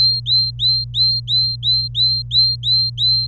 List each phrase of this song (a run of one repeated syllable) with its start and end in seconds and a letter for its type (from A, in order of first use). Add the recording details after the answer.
0.00-3.27 A. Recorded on 26 April 2018 at 10:53. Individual llb3